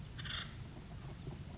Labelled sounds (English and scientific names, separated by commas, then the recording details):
Acorn Woodpecker (Melanerpes formicivorus)
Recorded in Sonoma County, California